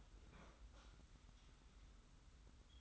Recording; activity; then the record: daily activity, microphone in the room; open fridge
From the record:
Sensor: 3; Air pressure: 991.0 hPa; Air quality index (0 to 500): 119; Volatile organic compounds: 87 ppm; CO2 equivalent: 3665 ppm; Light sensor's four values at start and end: 34/82/33/31 and 34/82/33/31